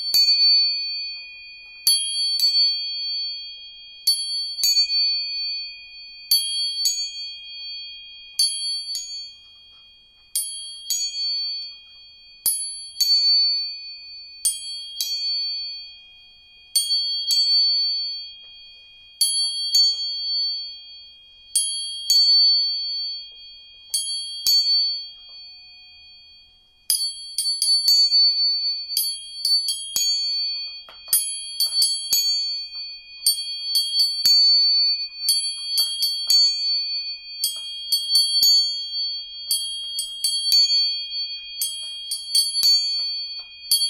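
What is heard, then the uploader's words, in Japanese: Three tuning forks ring in high, steady, overlapping tones, struck about every two seconds, with strikes coming faster and denser after the halfway point. 音叉チューニング3本。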